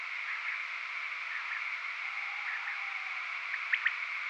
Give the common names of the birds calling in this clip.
Common Quail